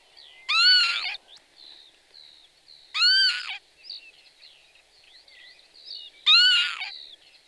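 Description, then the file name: Northern lapwing giving three loud, slurred, rising-then-falling wheezy calls spaced a few seconds apart, other small birds faintly calling throughout. "cejka chocholata"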